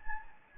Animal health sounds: mosquito wingbeat signal from an infrared sensor; Anopheles gambiae

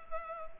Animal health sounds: mosquito wingbeat signal from an infrared sensor; Culex pipiens

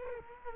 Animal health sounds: mosquito wingbeat signal from an infrared sensor; Culex quinquefasciatus

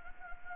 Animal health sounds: mosquito wingbeat signal from an infrared sensor; Anopheles gambiae

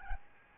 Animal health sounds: mosquito wingbeat signal from an infrared sensor; Aedes albopictus

